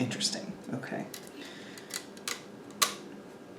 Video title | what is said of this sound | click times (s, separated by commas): Framework 13 - Unboxing and setup | Oh, well the magnets clicked right in | 2.8 s